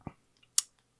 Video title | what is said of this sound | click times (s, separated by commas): Sarms ( rad140) for LONGEVITY Hormone Replacment Testosterone Setup for PROSTATE-SAVING & neurochem | The satisfying click. | 0.6 s